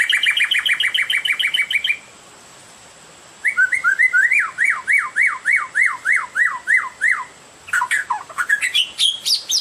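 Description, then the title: Oriental magpie-robin song: a fast trill of repeated notes, then a run of quick downslurred whistles about three per second, ending in rising sweeping notes. "Kicau Kacer"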